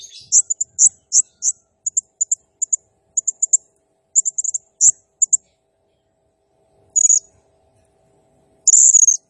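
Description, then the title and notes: Blue-crowned hanging parrot song: a rapid run of high, sharp paired ticks, followed after a pause by two longer shrill buzzy notes. Serindit in gacor (actively singing) condition, 'nembak' song style, used as a masteran training sound and lure for serindit birds, said to excite all birds. "Burung Serindit Nembak Gacor Bikin Emosi Semua Burung. Suara Nasteran Dan Pemikat Burung Serinditan Gacor"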